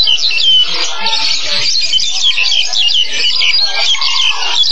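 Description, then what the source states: Birds in a dense chattering chorus, many high chirps and twitters overlapping without pause throughout, with a few faint low thuds underneath. Recorded in Surabaya on 27 August 2008.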